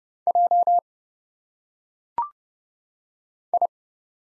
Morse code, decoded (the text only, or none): J I